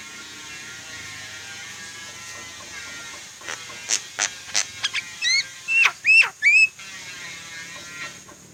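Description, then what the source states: Javan myna song: sharp clicks and snaps building into loud rising whistled notes with harmonics, a quick series over about three seconds, over steady background hiss. Singing actively, the style called gacor.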